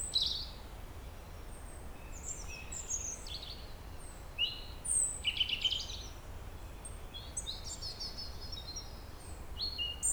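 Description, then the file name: European robin song of many quick, high, sparkling notes and short trills, with scattered louder bursts above a persistent low rumble. "Erithacus rubecula"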